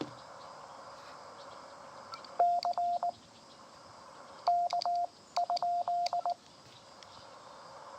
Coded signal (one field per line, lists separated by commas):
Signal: Morse code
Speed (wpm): 19 wpm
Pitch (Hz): 700 Hz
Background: none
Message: CK?